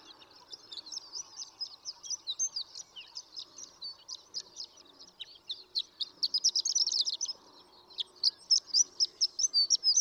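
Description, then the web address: Horned lark song of high, jingling twitters that grow louder, pause briefly, then return as a quick run of chips. "birdsongforthecurious Horned Lark"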